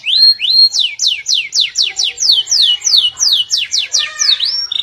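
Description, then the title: Canary song of loud, evenly spaced down-slurred whistles, about three per second, ending in a quick buzzy flourish. "Kenari"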